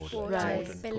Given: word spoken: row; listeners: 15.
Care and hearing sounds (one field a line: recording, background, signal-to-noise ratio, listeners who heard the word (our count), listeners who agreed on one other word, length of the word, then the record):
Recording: one English word in noise, from a listening test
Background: four-talker babble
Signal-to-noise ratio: -0.7 dB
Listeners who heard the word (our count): 1 of 15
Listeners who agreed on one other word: 7 of 15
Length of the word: 0.59 s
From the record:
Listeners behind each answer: 7, 2, 1, 1, 1, 1, 1, 1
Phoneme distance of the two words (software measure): 17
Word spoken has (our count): 1 syllable, 2 phonemes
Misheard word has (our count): 1 syllable, 3 phonemes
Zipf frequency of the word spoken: 4.75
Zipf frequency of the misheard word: 4.78